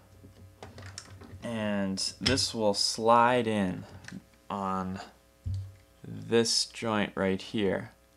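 During the transformation of a plastic ROTF Leader Prime transforming robot toy, a plastic part is being slid onto its joint while someone talks. A few light plastic handling taps sound near 0.6 to 1.0 seconds and again around 5.5 and 6.0 seconds. Nothing has seated or clicked yet, and the clip ends just before the part goes home.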